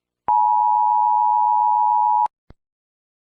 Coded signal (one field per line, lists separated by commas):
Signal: Emergency Alert System (SAME) tones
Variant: 853 and 960 Hz attention tone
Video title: 🌈🎨 | Bob Velseb: EAS scenerio #1